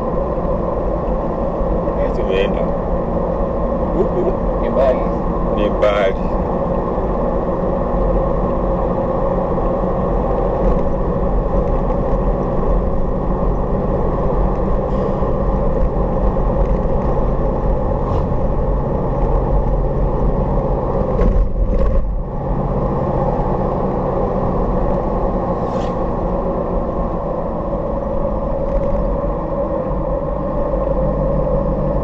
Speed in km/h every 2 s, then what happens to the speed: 71, 71, 73, 73, 73, 77, 78, 80, 82, 82, 84, 80, 78, 71, 66, 61.
0-20 speeds up to 84. 20-32 slows to 61.